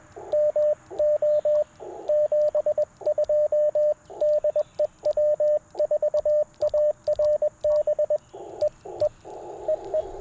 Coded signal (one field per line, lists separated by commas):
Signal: Morse code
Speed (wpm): 21 wpm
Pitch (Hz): 590 Hz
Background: radio noise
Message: MO 72 DE W4ARB E E EE